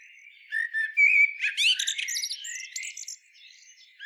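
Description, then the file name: Common blackbird giving a soft fluty warble that breaks into a rapid, high-pitched twittering end, then quiet before a new phrase starts. "Turdus merula"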